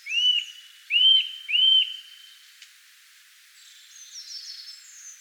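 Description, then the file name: Eurasian nuthatch giving three clear upslurred whistles less than a second apart, followed by soft high twittering. "Sitta europaea"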